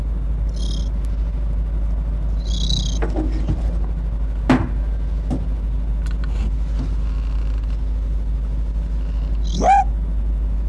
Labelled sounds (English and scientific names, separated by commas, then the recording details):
Arctic Fox (Vulpes lagopus)
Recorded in captivity
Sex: male
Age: adult
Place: Zoologisches Institut der HUB, Berlin, DE
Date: 1957-01-10
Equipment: Elmetra
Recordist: Tembrock, Günter